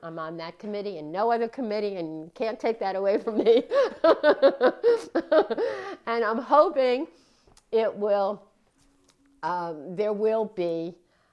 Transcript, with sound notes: I’m on that committee and no other committee and you can’t take that away from me. [laughs] I’m hoping there will be